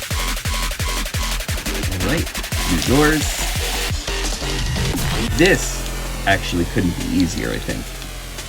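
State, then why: Not seated. A plastic Fansproject Parallax TFX-06 upgrade panel is handled over the original door parts of a Classics Optimus Prime transforming robot toy while someone talks over electronic drum-and-bass music. Nothing has seated or clicked yet in this clip.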